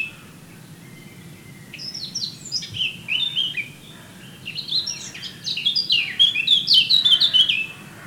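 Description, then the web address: Eurasian blackcap song starting as a quiet, rambling subdued warble and building into a loud, rapid flourish of clear whistled notes near the end. "SETE data Sylvia atricapilla"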